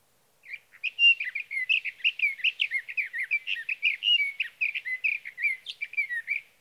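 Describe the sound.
Sage thrasher song, a long, fast, continuous warble of varied twittering notes running without pause for about six seconds in a quiet background.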